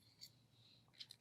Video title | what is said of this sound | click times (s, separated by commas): Cage TLIF expansível | Então eu destravo ele, | 0.2 s, 1.1 s